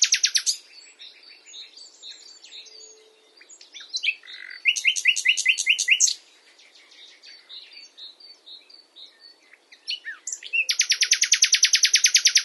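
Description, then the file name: Common nightingale song with varied phrases: a sharp opening, soft twitters, a burst of fast slurred notes, more chatter, then a long, loud, even rattle. "Luscinia megarhynchos"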